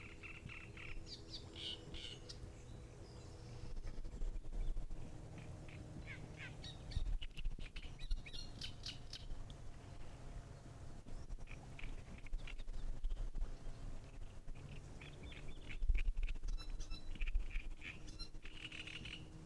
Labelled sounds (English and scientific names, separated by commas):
Great Reed Warbler (Acrocephalus arundinaceus)